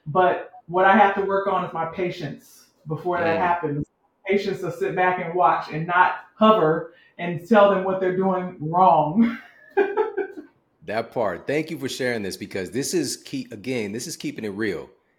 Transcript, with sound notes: But what I have to work on is my patience before that happens, patience to sit back and watch and not hover and tell them what they’re doing wrong. [laughter]
That part. Thank you for sharing this because this is, again, this is keeping it real.